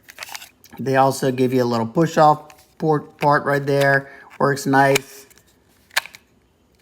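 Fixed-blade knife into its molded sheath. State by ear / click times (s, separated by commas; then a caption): seated / 6.0 s. Someone talks while handling a Kizer "Deadpool" Harpoon fixed-blade knife and its molded plastic sheath, which has a push-off port. After the push-off port is used, the knife is pushed back into the sheath and seats with a sharp, positive retention click at 6.0 s.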